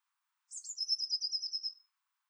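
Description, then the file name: Eurasian blue tit giving one phrase: a high, thin opening note sliding into a long, rapid, bell-like trill. "Cyanistes caeruleus"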